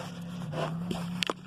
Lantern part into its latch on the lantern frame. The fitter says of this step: a pendants in here and it kind of latches into place